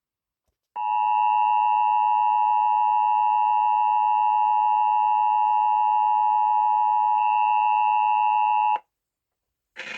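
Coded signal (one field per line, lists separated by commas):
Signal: Emergency Alert System (SAME) tones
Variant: 853 and 960 Hz attention tone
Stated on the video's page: Severe Thunderstorm Warning carried on a satellite TV feed of a network station in Los Angeles during a live broadcast.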